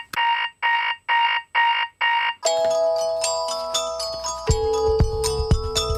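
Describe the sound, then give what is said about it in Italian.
An alarm clock sounds five evenly spaced, buzzy electronic beeps in a steady rhythm, then stops as loud music with a deep bass beat begins. “E 30 sveglia, cellulare, nessun messaggio, ovviamente.”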